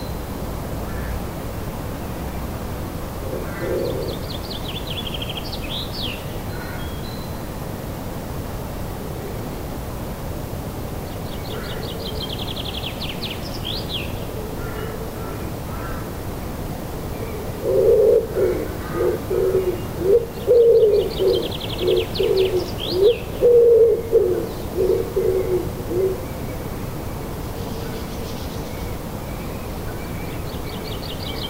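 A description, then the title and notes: Birds chirp at sunrise over a steady low hum of city noise. High trilling songs recur every few seconds, and from about 18 to 26 seconds a louder bird gives a rapid run of harsh, caw-like calls before the chorus settles back. Bird chorus at sunrise in Danish city. A dawn chorus of chirping birds during sunrise in Denmark. It is a Saturday morning in late April, and the recording starts at 5:15 am.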